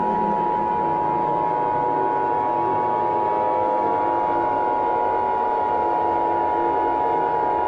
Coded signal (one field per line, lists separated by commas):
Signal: Emergency Alert System (SAME) tones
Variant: 853 and 960 Hz attention tone